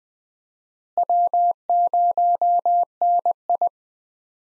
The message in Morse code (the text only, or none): W0NI